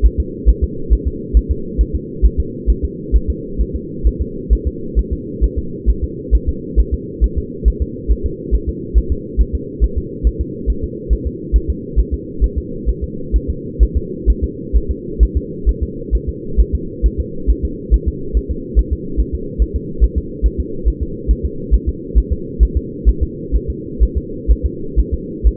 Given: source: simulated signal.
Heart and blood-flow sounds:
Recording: fetal heart sounds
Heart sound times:
0.06 s: S1
0.20 s: S2
0.49 s: S1
0.64 s: S2
0.93 s: S1
1.08 s: S2
1.37 s: S1
1.51 s: S2
1.81 s: S1
1.95 s: S2
2.25 s: S1
2.40 s: S2
2.70 s: S1
2.84 s: S2
3.16 s: S1
3.30 s: S2
3.61 s: S1
3.76 s: S2
4.07 s: S1
4.22 s: S2
4.53 s: S1
4.67 s: S2
4.99 s: S1
5.13 s: S2
5.44 s: S1
5.59 s: S2
5.90 s: S1
6.04 s: S2
6.35 s: S1
6.49 s: S2
6.80 s: S1
6.94 s: S2
7.24 s: S1
7.38 s: S2
7.68 s: S1
7.82 s: S2
8.11 s: S1
8.26 s: S2
8.55 s: S1
8.69 s: S2
8.98 s: S1
9.12 s: S2
9.41 s: S1
9.55 s: S2
9.84 s: S1
9.98 s: S2
10.27 s: S1
10.41 s: S2
10.70 s: S1
10.84 s: S2
11.13 s: S1
11.27 s: S2
11.56 s: S1
11.70 s: S2
12.00 s: S1
12.14 s: S2
12.44 s: S1
12.58 s: S2
12.89 s: S1
13.04 s: S2
13.36 s: S1
13.50 s: S2
13.83 s: S1
13.97 s: S2
14.30 s: S1
14.44 s: S2
14.77 s: S1
14.91 s: S2
15.23 s: S1
15.37 s: S2
15.69 s: S1
15.83 s: S2
16.15 s: S1
16.29 s: S2
16.60 s: S1
16.75 s: S2
17.06 s: S1
17.20 s: S2
17.50 s: S1
17.65 s: S2
17.94 s: S1
18.08 s: S2
18.37 s: S1
18.51 s: S2
18.79 s: S1
18.93 s: S2
19.20 s: S1
19.35 s: S2
19.62 s: S1
19.76 s: S2
20.04 s: S1
20.18 s: S2
20.46 s: S1
20.60 s: S2
20.88 s: S1
21.03 s: S2
21.31 s: S1
21.45 s: S2
21.74 s: S1
21.89 s: S2
22.18 s: S1
22.33 s: S2
22.63 s: S1
22.77 s: S2
23.09 s: S1
23.23 s: S2
23.56 s: S1
23.70 s: S2
24.03 s: S1
24.18 s: S2
24.51 s: S1
24.66 s: S2
24.99 s: S1
25.14 s: S2
25.47 s: S1
From the record:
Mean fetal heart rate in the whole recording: 135 bpm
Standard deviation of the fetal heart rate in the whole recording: 3 bpm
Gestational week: 34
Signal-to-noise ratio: -4.3 dB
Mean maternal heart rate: 72 bpm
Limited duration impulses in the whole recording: absent

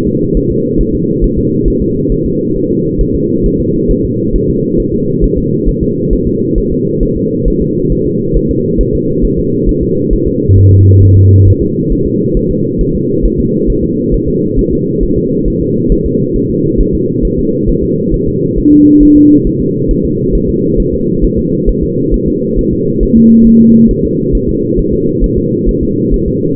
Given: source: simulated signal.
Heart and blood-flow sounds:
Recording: fetal heart sounds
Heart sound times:
0.08 s: S2
0.37 s: S1
0.51 s: S2
0.81 s: S1
0.95 s: S2
1.24 s: S1
1.38 s: S2
1.68 s: S1
1.82 s: S2
2.12 s: S1
2.26 s: S2
2.56 s: S1
2.71 s: S2
3.01 s: S1
3.15 s: S2
3.46 s: S1
3.60 s: S2
3.91 s: S1
4.05 s: S2
4.36 s: S1
4.50 s: S2
4.80 s: S1
4.94 s: S2
5.24 s: S1
5.38 s: S2
5.69 s: S1
5.83 s: S2
6.13 s: S1
6.27 s: S2
6.58 s: S1
6.72 s: S2
7.03 s: S1
7.17 s: S2
7.48 s: S1
7.62 s: S2
7.92 s: S1
8.07 s: S2
8.37 s: S1
8.51 s: S2
8.81 s: S1
8.95 s: S2
9.25 s: S1
9.39 s: S2
9.69 s: S1
9.83 s: S2
10.13 s: S1
10.27 s: S2
10.58 s: S1
10.72 s: S2
11.03 s: S1
11.17 s: S2
11.48 s: S1
11.62 s: S2
11.92 s: S1
12.07 s: S2
12.37 s: S1
12.51 s: S2
12.81 s: S1
12.95 s: S2
13.25 s: S1
13.40 s: S2
13.70 s: S1
13.84 s: S2
14.14 s: S1
14.28 s: S2
14.59 s: S1
14.73 s: S2
15.03 s: S1
15.18 s: S2
15.48 s: S1
15.62 s: S2
15.92 s: S1
16.06 s: S2
16.36 s: S1
16.51 s: S2
16.80 s: S1
16.95 s: S2
17.25 s: S1
17.39 s: S2
17.69 s: S1
17.84 s: S2
18.14 s: S1
18.28 s: S2
18.58 s: S1
18.73 s: S2
19.03 s: S1
19.17 s: S2
19.47 s: S1
19.61 s: S2
19.91 s: S1
20.05 s: S2
20.35 s: S1
20.50 s: S2
20.80 s: S1
20.94 s: S2
21.24 s: S1
21.39 s: S2
21.69 s: S1
21.84 s: S2
22.14 s: S1
22.28 s: S2
22.59 s: S1
22.73 s: S2
23.03 s: S1
23.17 s: S2
23.47 s: S1
23.61 s: S2
23.91 s: S1
24.05 s: S2
24.35 s: S1
24.49 s: S2
24.79 s: S1
24.94 s: S2
25.24 s: S1
25.38 s: S2
25.69 s: S1
25.83 s: S2
26.14 s: S1
26.28 s: S2
From the record:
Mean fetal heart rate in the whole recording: 135 bpm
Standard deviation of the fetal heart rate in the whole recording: 3 bpm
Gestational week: 36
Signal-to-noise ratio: -11.2 dB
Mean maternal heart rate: 72 bpm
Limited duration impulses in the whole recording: present

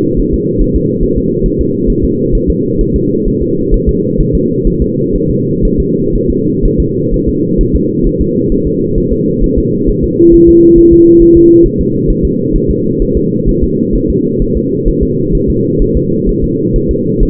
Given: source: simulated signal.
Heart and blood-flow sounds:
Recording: fetal heart sounds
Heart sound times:
0.19 s: S1
0.34 s: S2
0.62 s: S1
0.76 s: S2
1.03 s: S1
1.18 s: S2
1.46 s: S1
1.61 s: S2
1.90 s: S1
2.05 s: S2
2.35 s: S1
2.50 s: S2
2.81 s: S1
2.96 s: S2
3.28 s: S1
3.43 s: S2
3.74 s: S1
3.89 s: S2
4.21 s: S1
4.35 s: S2
4.68 s: S1
4.82 s: S2
5.16 s: S1
5.30 s: S2
5.65 s: S1
5.80 s: S2
6.16 s: S1
6.30 s: S2
6.66 s: S1
6.80 s: S2
7.14 s: S1
7.29 s: S2
7.61 s: S1
7.75 s: S2
8.07 s: S1
8.21 s: S2
8.52 s: S1
8.67 s: S2
8.98 s: S1
9.13 s: S2
9.44 s: S1
9.59 s: S2
9.89 s: S1
10.04 s: S2
10.34 s: S1
10.49 s: S2
10.78 s: S1
10.93 s: S2
11.22 s: S1
11.37 s: S2
11.66 s: S1
11.81 s: S2
12.10 s: S1
12.25 s: S2
12.56 s: S1
12.71 s: S2
13.02 s: S1
13.17 s: S2
13.49 s: S1
13.64 s: S2
13.96 s: S1
14.10 s: S2
14.42 s: S1
14.57 s: S2
14.88 s: S1
15.03 s: S2
15.35 s: S1
15.50 s: S2
15.82 s: S1
15.97 s: S2
16.29 s: S1
16.44 s: S2
16.76 s: S1
16.91 s: S2
17.23 s: S1
From the record:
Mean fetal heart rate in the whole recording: 130 bpm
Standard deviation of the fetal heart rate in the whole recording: 4 bpm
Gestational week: 38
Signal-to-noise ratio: -11.2 dB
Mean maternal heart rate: 72 bpm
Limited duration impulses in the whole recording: present

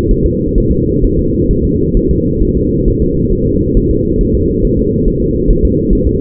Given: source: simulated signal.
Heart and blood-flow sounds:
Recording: fetal heart sounds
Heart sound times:
0.11 s: S1
0.25 s: S2
0.58 s: S1
0.72 s: S2
1.04 s: S1
1.19 s: S2
1.51 s: S1
1.65 s: S2
1.97 s: S1
2.11 s: S2
2.43 s: S1
2.57 s: S2
2.88 s: S1
3.02 s: S2
3.32 s: S1
3.47 s: S2
3.77 s: S1
3.91 s: S2
4.21 s: S1
4.35 s: S2
4.65 s: S1
4.79 s: S2
5.08 s: S1
5.22 s: S2
5.50 s: S1
5.65 s: S2
5.93 s: S1
6.07 s: S2
From the record:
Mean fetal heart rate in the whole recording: 135 bpm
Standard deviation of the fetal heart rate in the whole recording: 3 bpm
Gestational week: 36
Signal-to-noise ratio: -10.2 dB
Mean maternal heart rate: 72 bpm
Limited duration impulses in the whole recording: present

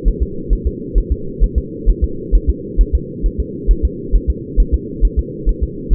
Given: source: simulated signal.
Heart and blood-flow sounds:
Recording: fetal heart sounds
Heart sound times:
0.08 s: S1
0.23 s: S2
0.53 s: S1
0.67 s: S2
0.98 s: S1
1.12 s: S2
1.44 s: S1
1.58 s: S2
1.90 s: S1
2.04 s: S2
2.35 s: S1
2.50 s: S2
2.81 s: S1
2.95 s: S2
3.26 s: S1
3.40 s: S2
3.71 s: S1
3.85 s: S2
4.16 s: S1
4.30 s: S2
4.60 s: S1
4.74 s: S2
5.05 s: S1
5.19 s: S2
5.49 s: S1
5.63 s: S2
5.93 s: S1
From the record:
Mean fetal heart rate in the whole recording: 135 bpm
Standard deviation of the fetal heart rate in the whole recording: 3 bpm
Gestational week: 36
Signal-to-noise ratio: -4.3 dB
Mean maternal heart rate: 72 bpm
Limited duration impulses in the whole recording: absent

